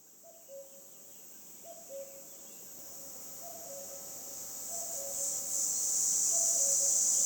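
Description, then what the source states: Red cicada song: a high, hissing buzz that swells steadily louder, with a common cuckoo's low two-note cuckoo repeating about every one and a half seconds. Recorded 22 June 2020 at 11:10 beside the road near Châtillon-en-Diois, France, at the end of spring; song starts hesitantly, then reaches full power; common cuckoo singing; Nagra recorder with omni microphone.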